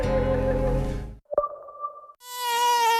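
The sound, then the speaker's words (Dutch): A mosquito buzzes in three bursts: a loud, rough drone, then a short click and thinner whine, and after a brief gap a high, steady buzzing hum. No one speaks. “Muggensteek of insectenbeet?”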